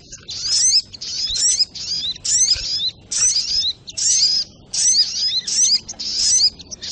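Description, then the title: Little spiderhunter song: dense, high twittering bursts packed closely together, each phrase full of quick squeaky slurs, with only brief breaks. Masteran (Indonesian songbird training recording), labelled with the variant name Labaik. "Masteran Burung Sogok Ontong Labaik"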